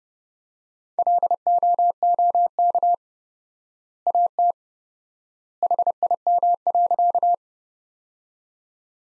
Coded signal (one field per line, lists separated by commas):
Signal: Morse code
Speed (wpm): 30 wpm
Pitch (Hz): 700 Hz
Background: none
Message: LOOK AT HIM.